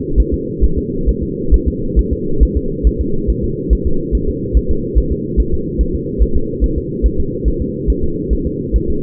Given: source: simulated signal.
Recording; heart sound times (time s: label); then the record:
fetal heart sounds
0.20 s: S1
0.34 s: S2
0.64 s: S1
0.78 s: S2
1.09 s: S1
1.23 s: S2
1.54 s: S1
1.68 s: S2
1.99 s: S1
2.13 s: S2
2.43 s: S1
2.57 s: S2
2.87 s: S1
3.01 s: S2
3.30 s: S1
3.44 s: S2
3.73 s: S1
3.87 s: S2
4.15 s: S1
4.29 s: S2
4.57 s: S1
4.71 s: S2
4.98 s: S1
5.12 s: S2
5.40 s: S1
5.54 s: S2
5.81 s: S1
5.95 s: S2
6.22 s: S1
6.36 s: S2
6.64 s: S1
6.78 s: S2
7.06 s: S1
7.20 s: S2
7.48 s: S1
7.62 s: S2
7.90 s: S1
8.04 s: S2
8.33 s: S1
8.47 s: S2
8.76 s: S1
8.90 s: S2
From the record:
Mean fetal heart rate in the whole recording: 140 bpm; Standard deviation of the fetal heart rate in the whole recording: 2 bpm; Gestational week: 34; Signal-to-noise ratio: -8.1 dB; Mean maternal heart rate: 72 bpm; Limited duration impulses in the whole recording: present